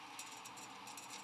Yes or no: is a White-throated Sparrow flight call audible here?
no